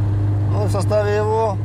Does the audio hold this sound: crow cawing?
no